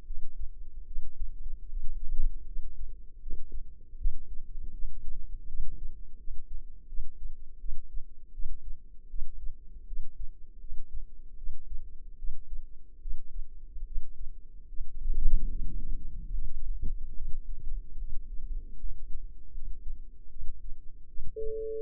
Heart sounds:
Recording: heart sounds by microphone in the left ear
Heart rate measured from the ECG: 77 bpm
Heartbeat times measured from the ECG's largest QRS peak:
0.04 s: heartbeat
0.84 s: heartbeat
1.66 s: heartbeat
2.44 s: heartbeat
3.19 s: heartbeat
3.95 s: heartbeat
4.71 s: heartbeat
5.46 s: heartbeat
6.17 s: heartbeat
6.86 s: heartbeat
7.57 s: heartbeat
8.31 s: heartbeat
9.07 s: heartbeat
9.85 s: heartbeat
10.58 s: heartbeat
11.35 s: heartbeat
12.16 s: heartbeat
12.99 s: heartbeat
13.84 s: heartbeat
14.66 s: heartbeat
15.47 s: heartbeat
16.30 s: heartbeat
17.13 s: heartbeat
17.96 s: heartbeat
18.77 s: heartbeat
19.51 s: heartbeat
20.28 s: heartbeat
21.06 s: heartbeat
From the record:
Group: healthy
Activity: rest 0-18 s, Valsalva maneuver 18-22 s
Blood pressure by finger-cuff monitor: 98/67 mmHg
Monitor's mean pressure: 77 mmHg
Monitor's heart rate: 77 bpm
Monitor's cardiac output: 5.7 L/min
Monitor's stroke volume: 74 mL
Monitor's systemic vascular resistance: 950 dyn s/cm5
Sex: female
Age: 22 years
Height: 160 cm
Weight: 45 kg

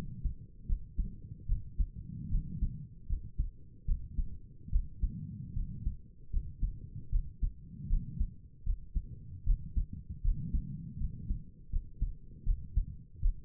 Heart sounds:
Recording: heart sounds by stethoscope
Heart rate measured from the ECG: 77 bpm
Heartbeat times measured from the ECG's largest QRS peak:
0.68 s: heartbeat
1.48 s: heartbeat
2.31 s: heartbeat
3.08 s: heartbeat
3.87 s: heartbeat
4.72 s: heartbeat
5.55 s: heartbeat
6.32 s: heartbeat
7.11 s: heartbeat
7.89 s: heartbeat
8.65 s: heartbeat
9.45 s: heartbeat
10.23 s: heartbeat
10.99 s: heartbeat
11.71 s: heartbeat
12.45 s: heartbeat
13.22 s: heartbeat
From the record:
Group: healthy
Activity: rest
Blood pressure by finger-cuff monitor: 87/58 mmHg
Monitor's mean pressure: 65 mmHg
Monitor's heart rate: 77 bpm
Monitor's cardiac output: 5.9 L/min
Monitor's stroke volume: 77 mL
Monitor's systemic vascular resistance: 790 dyn s/cm5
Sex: female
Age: 22 years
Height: 163 cm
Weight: 67.1 kg

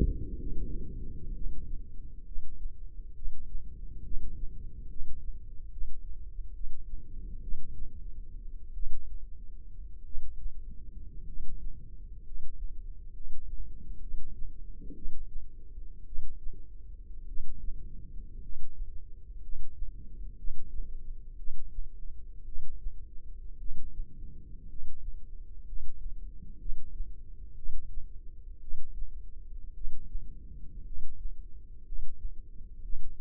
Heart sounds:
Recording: heart sounds by microphone in the left ear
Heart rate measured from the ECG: 59 bpm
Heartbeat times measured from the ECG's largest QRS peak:
0.33 s: heartbeat
1.31 s: heartbeat
2.23 s: heartbeat
3.13 s: heartbeat
4.01 s: heartbeat
4.87 s: heartbeat
5.69 s: heartbeat
6.51 s: heartbeat
7.40 s: heartbeat
8.73 s: heartbeat
10.03 s: heartbeat
11.24 s: heartbeat
12.22 s: heartbeat
13.11 s: heartbeat
13.99 s: heartbeat
14.93 s: heartbeat
16.04 s: heartbeat
17.25 s: heartbeat
18.39 s: heartbeat
19.39 s: heartbeat
20.35 s: heartbeat
21.35 s: heartbeat
22.43 s: heartbeat
23.57 s: heartbeat
24.66 s: heartbeat
25.63 s: heartbeat
26.57 s: heartbeat
27.54 s: heartbeat
28.59 s: heartbeat
29.72 s: heartbeat
30.83 s: heartbeat
31.82 s: heartbeat
32.80 s: heartbeat
From the record:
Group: healthy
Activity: Valsalva maneuver 0-9 s, rest 9-33 s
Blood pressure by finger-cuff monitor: 138/61 mmHg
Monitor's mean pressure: 85 mmHg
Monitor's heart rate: 61 bpm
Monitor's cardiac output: 6.2 L/min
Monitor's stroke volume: 103 mL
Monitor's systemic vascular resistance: 1000 dyn s/cm5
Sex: male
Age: 25 years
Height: 170 cm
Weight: 70.4 kg

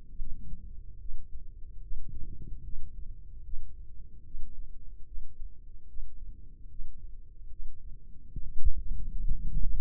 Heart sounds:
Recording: heart sounds by microphone in the left ear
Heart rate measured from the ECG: 74 bpm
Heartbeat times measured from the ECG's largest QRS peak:
0.17 s: heartbeat
1.00 s: heartbeat
1.82 s: heartbeat
2.64 s: heartbeat
3.44 s: heartbeat
4.25 s: heartbeat
5.07 s: heartbeat
5.88 s: heartbeat
6.70 s: heartbeat
7.51 s: heartbeat
8.32 s: heartbeat
9.12 s: heartbeat
From the record:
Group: healthy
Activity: rest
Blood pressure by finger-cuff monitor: 115/92 mmHg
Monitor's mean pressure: 101 mmHg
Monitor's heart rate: 74 bpm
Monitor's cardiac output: 3.3 L/min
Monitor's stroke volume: 45 mL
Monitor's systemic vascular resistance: 2270 dyn s/cm5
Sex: male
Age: 55 years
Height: 167 cm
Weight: 57.2 kg

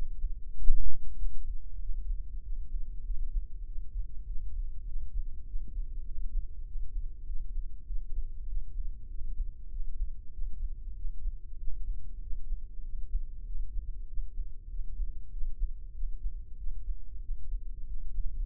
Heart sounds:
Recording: heart sounds by microphone in the left ear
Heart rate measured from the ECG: 97 bpm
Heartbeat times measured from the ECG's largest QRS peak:
0.59 s: heartbeat
1.20 s: heartbeat
1.83 s: heartbeat
2.46 s: heartbeat
3.08 s: heartbeat
3.69 s: heartbeat
4.29 s: heartbeat
4.89 s: heartbeat
5.49 s: heartbeat
6.09 s: heartbeat
6.69 s: heartbeat
7.29 s: heartbeat
7.90 s: heartbeat
8.50 s: heartbeat
9.12 s: heartbeat
9.73 s: heartbeat
10.35 s: heartbeat
10.98 s: heartbeat
11.61 s: heartbeat
12.24 s: heartbeat
12.86 s: heartbeat
13.48 s: heartbeat
14.10 s: heartbeat
14.72 s: heartbeat
15.34 s: heartbeat
15.97 s: heartbeat
16.60 s: heartbeat
17.24 s: heartbeat
17.89 s: heartbeat
From the record:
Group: healthy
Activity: rest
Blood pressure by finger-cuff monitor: 125/67 mmHg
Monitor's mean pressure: 84 mmHg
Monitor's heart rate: 97 bpm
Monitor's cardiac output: 8.4 L/min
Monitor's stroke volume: 85 mL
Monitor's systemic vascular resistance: 750 dyn s/cm5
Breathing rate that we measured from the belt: 20 breaths a minute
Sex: male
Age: 21 years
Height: 175 cm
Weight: 72.6 kg

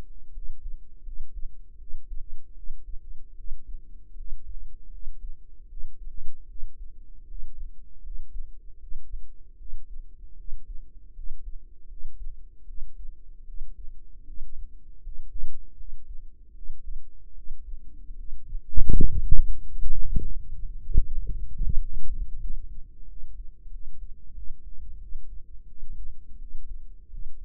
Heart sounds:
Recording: heart sounds by microphone in the right ear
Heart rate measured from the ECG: 81 bpm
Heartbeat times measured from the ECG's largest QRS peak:
0.31 s: heartbeat
1.02 s: heartbeat
1.76 s: heartbeat
2.53 s: heartbeat
3.34 s: heartbeat
4.14 s: heartbeat
4.89 s: heartbeat
5.66 s: heartbeat
6.45 s: heartbeat
7.25 s: heartbeat
8.01 s: heartbeat
8.78 s: heartbeat
9.55 s: heartbeat
10.35 s: heartbeat
11.12 s: heartbeat
11.86 s: heartbeat
12.64 s: heartbeat
13.43 s: heartbeat
14.23 s: heartbeat
15.00 s: heartbeat
15.74 s: heartbeat
16.52 s: heartbeat
17.33 s: heartbeat
18.14 s: heartbeat
18.88 s: heartbeat
19.62 s: heartbeat
20.35 s: heartbeat
21.06 s: heartbeat
21.73 s: heartbeat
22.39 s: heartbeat
23.06 s: heartbeat
23.69 s: heartbeat
24.33 s: heartbeat
24.98 s: heartbeat
25.65 s: heartbeat
26.37 s: heartbeat
27.08 s: heartbeat
From the record:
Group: healthy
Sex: female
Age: 19 years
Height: 163 cm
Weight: 48.9 kg

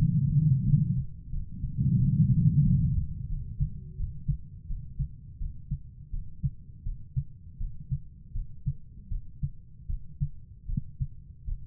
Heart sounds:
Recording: heart sounds by stethoscope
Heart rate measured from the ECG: 83 bpm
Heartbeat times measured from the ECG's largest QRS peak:
0.65 s: heartbeat
1.31 s: heartbeat
1.98 s: heartbeat
2.63 s: heartbeat
3.29 s: heartbeat
3.97 s: heartbeat
4.68 s: heartbeat
5.39 s: heartbeat
6.11 s: heartbeat
6.83 s: heartbeat
7.58 s: heartbeat
8.33 s: heartbeat
9.09 s: heartbeat
9.87 s: heartbeat
10.66 s: heartbeat
11.45 s: heartbeat
From the record:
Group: healthy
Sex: female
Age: 51 years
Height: 162 cm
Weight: 70.04 kg

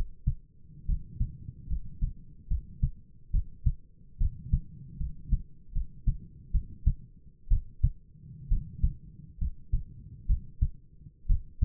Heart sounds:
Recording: heart sounds by stethoscope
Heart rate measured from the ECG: 69 bpm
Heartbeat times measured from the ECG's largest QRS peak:
0.85 s: heartbeat
1.66 s: heartbeat
2.47 s: heartbeat
3.30 s: heartbeat
4.17 s: heartbeat
4.97 s: heartbeat
5.72 s: heartbeat
6.51 s: heartbeat
7.48 s: heartbeat
8.48 s: heartbeat
9.38 s: heartbeat
10.26 s: heartbeat
11.26 s: heartbeat
From the record:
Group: healthy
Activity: rest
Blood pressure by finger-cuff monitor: 102/67 mmHg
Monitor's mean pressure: 79 mmHg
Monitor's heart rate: 69 bpm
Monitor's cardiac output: 7.2 L/min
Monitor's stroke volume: 103 mL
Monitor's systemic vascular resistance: 750 dyn s/cm5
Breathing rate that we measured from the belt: 16 breaths a minute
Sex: male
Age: 22 years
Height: 185 cm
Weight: 112.4 kg

